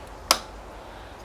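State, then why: Seated. The hinged vacuum-chamber clamp of a plastic countertop Avid Armor A420 vacuum sealer is pressed down into its locking latch over the bag, so the bag is held in place without holding the clamp. A single sharp snap rings out at 0.3 s against a quiet background, and the clamp locks down, seated.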